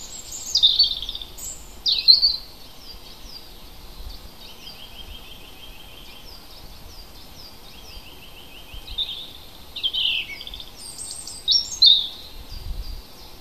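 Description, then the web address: Birds singing in scattered high bursts: short sharp phrases, a soft rattling trill in the middle, and a few loud chirpy strophes toward the end. Native hedgerow birds recorded in April. "oeko hecke vogel april vogel heimisch"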